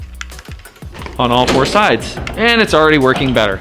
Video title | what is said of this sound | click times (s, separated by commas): Chamberlain LiftMaster Garage Door Opener Battery Replacement for Remote Panama City FL | And then you're just gonna press it together until it snaps on all four sides. | 0.2 s, 1.1 s